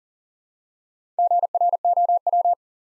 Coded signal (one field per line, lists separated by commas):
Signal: Morse code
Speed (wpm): 40 wpm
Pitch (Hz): 700 Hz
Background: none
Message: GROW